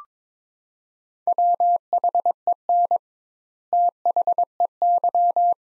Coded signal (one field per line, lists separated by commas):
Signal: Morse code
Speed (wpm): 22 wpm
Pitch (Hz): 700 Hz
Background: none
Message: WHEN THEY